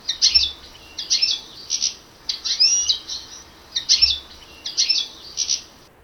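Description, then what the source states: European Goldfinch song: bright, tinkling bursts of mixed twittering and buzzy notes that come in short phrases throughout. Often gathers in small flocks; has a conical bill and is fond of seeds, especially thistle.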